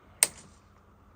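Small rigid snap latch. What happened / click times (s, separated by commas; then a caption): The mounting plate clicked into its latch / 0.2 s. A camera quick-release plate is slotted pointed end first into a tripod head's mount. A single sharp, bright click sounds at 0.2 s and decays quickly into a quiet background. The plate is seated in the mount.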